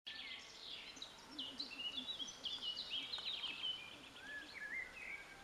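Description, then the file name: Common blackbird calls amid a busy chorus of high chirps and trills, with lower notes near the end, over faint background hiss. "Turdus merula"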